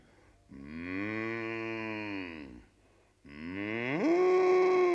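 Two long, loud moos from a herd of some 50 to 60 cows swimming across a lake in Tavastland, the first steady and low, the second rising in pitch and ending louder, separated by a short pause with no voices.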